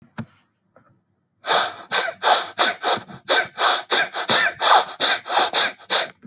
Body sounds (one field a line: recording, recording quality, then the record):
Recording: shallow breathing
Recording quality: excellent, no background noise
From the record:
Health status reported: healthy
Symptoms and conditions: none ticked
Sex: male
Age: 35 years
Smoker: not ticked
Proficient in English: yes